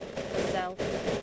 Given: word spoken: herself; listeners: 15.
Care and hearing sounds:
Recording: one English word in noise, from a listening test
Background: noise modulated by three-talker babble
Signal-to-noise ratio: -4.9 dB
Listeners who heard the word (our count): 0 of 15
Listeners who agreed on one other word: 13 of 15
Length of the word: 0.82 s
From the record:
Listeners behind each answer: 13, 1, 1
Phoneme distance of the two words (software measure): 14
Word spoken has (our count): 2 syllables, 6 phonemes, stress on syllable 2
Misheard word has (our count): 1 syllable, 4 phonemes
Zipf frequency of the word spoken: 4.69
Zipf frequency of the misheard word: 4.83

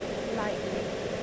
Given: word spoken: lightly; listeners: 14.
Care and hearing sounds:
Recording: one English word in noise, from a listening test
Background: speech-shaped noise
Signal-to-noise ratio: -4.3 dB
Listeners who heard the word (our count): 2 of 14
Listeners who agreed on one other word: 10 of 14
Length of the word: 0.84 s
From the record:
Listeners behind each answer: 10, 2, 1, 1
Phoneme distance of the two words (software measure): 27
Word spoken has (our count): 2 syllables, 5 phonemes, stress on syllable 1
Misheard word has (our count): 2 syllables, 6 phonemes, stress on syllable 1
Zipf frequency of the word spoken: 3.80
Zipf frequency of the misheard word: 4.00

